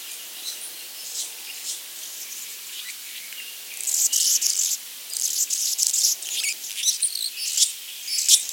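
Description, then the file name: Anna's hummingbird making a loose series of thin, high, scratchy notes and short buzzes, quiet at first, then busier and louder in the second half. "Calypte anna - Anna's Hummingbird"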